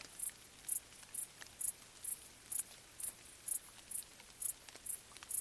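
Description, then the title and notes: Cricket giving high, evenly spaced chirps, with soft rain drops tapping in the background. Several crickets stridulating late on a summer night in gentle rain falling on vegetation, along an abandoned railway track in Bad Boll, Baden-Württemberg, nearby village silent. "Crickets in gentle summer rain. crickets stridulating late at night whilst gentle summer rain falls on the surrounding vegetation. abandoned railway track in Bad Boll, Baden-Württemberg. Colin Hunter. Music for Sleep"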